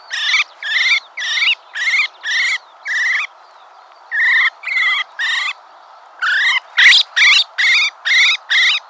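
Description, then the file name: Common blackbird uttering rapid harsh nasal notes in three bursts separated by short pauses, about two notes a second. "Turdus merula"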